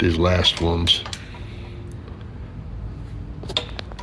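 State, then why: Torque reached. Someone talks briefly as a click-type torque wrench on a wobble extension tightens one of the last bolts on the cutter wheel hub and hydraulic motor assembly of a Bandit 2550 stump grinder. After quiet ratcheting and a few soft knocks, the wrench gives a sharp click at 3.6 s when it reaches its set torque of 7, confirming the bolt is torqued.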